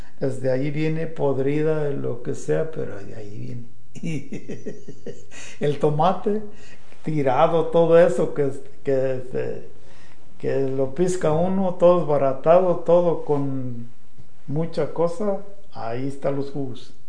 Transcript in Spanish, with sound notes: Desde allí viene podrida, de lo que sea, pero de allí viene. (risas) El tomate tirado, todo eso que se, que lo pisca uno todo desbaratado, todo con mucha cosa, ahí está en los jugos.